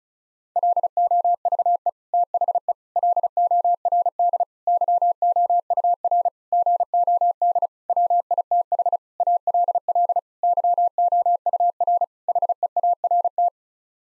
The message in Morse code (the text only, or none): LOVE THE LORD YOUR GOD WITH ALL YOUR HEART